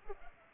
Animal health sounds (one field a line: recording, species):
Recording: mosquito wingbeat signal from an infrared sensor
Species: Culex pipiens